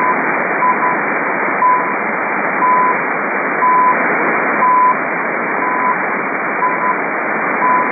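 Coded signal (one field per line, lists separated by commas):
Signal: radio time signal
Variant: CHU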